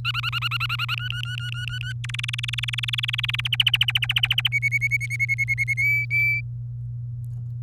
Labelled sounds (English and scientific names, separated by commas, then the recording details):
Domestic Canary (Serinus canaria) song
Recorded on 24 April 2018 at 05:52
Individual llb3